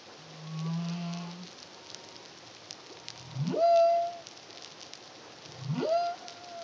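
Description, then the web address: Humpback whale song with a level low groan followed by two upswept whoops ending in sustained higher tones, amid light crackle. Humpback whale song, Caribbean, 2023. "CARIMAM humpback whale song"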